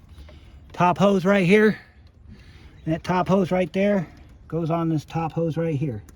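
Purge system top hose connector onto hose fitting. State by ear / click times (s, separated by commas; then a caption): not seated / none. Someone talks while handling the top purge hose connector on a 2.4 Ecotec engine, getting ready to push it onto the matching top hose fitting. Only speech and faint background noise are heard; nothing has seated or clicked yet.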